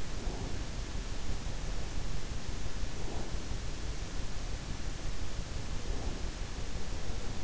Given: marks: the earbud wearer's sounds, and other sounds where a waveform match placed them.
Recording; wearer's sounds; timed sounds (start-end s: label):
sounds in sleep by an in-ear microphone; breath
0.14-0.75 s: breath
2.89-3.40 s: breath
5.80-6.28 s: breath